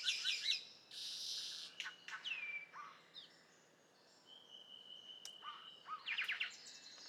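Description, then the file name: Golden bowerbird harsh buzzy bursts and a downslurred note, later a level thin whistle and a short burst of rapid chattering notes. "Prionodura Newtoniana"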